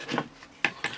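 A belt slides into the springy plastic belt clip of a knife sheath, with a soft scraping rub early on. A sharp snap at 0.6 s marks the clip snapping over the belt and seating. A second, quieter tap follows near 0.9 s.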